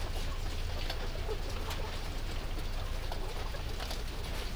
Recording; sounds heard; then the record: poultry house recording; healthy chickens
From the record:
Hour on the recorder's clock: 7